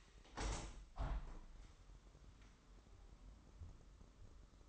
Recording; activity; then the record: daily activity, microphone in the room; open window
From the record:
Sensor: 3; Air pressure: 998.6 hPa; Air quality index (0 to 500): 133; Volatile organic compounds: 4 ppm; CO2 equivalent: 1588 ppm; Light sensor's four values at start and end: 8/20/8/8 and 8/20/8/9